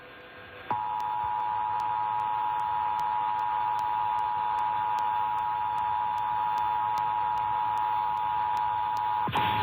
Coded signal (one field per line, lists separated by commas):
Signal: Emergency Alert System (SAME) tones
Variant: 853 and 960 Hz attention tone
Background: music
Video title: Texas | EAS Required Monthly Tests | 10/6/20